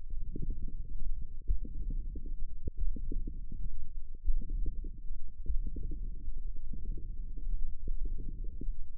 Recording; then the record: forearm muscle sounds (acoustic myography)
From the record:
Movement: wrist extension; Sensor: system 1, eight BSWA MPA416 microphones around the upper forearm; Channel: 8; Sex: female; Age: 22 years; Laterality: right